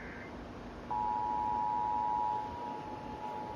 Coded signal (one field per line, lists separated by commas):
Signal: Emergency Alert System (SAME) tones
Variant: 853 and 960 Hz attention tone